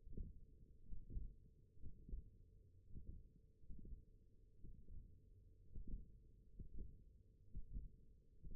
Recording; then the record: forearm muscle sounds (acoustic myography)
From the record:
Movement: tripod grip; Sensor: system 1, eight BSWA MPA416 microphones around the upper forearm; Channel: 4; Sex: male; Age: 21 years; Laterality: right